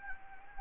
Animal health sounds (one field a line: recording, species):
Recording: mosquito wingbeat signal from an infrared sensor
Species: Anopheles gambiae